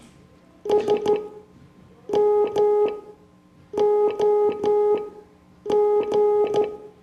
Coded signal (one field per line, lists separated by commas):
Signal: Morse code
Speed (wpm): 12 wpm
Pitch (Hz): 420 Hz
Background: none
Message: SMOG